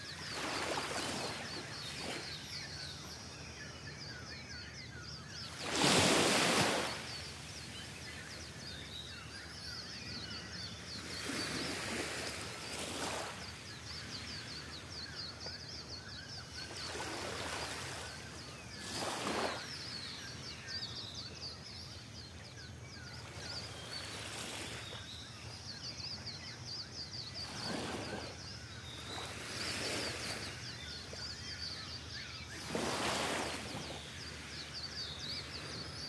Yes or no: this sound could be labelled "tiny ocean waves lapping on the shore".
yes